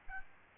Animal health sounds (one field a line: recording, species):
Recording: mosquito wingbeat signal from an infrared sensor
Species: Aedes albopictus